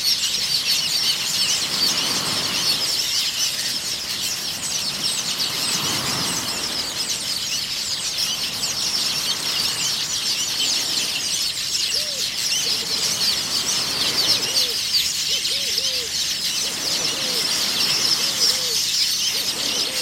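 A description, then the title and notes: Golden weavers keep up a dense, steady bright chatter of buzzy chirps, with short rising calls repeating after twelve seconds and soft swells underneath. Golden Weavers nesting in a tree on the shores of Lake Victoria in Musoma, Tanzania. Golden Weavers at Lake Victoria, Tanzania.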